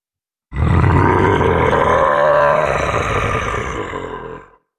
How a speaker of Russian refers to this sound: Грозно зарычал он и выдохнул навстречу туману обжигающее дыхание с миллиардом мелких искр.